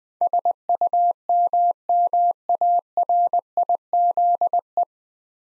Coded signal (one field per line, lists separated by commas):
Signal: Morse code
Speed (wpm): 21 wpm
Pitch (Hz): 700 Hz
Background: none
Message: SUMMARIZE